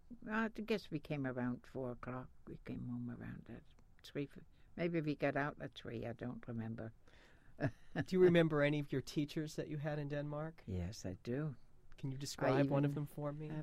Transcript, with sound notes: I guess we came around four o'clock, we came home around that, three, maybe we got out at three. I don't remember. (she laughs)
Do you remember any of your teachers that you had in Denmark?
Yes, I do.
Can you describe one of them for me?